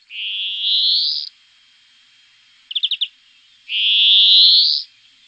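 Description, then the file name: European greenfinch song, two long buzzy wheezing notes that rise steadily in pitch, separated by a brief quick trill. "greenfinch omkicau"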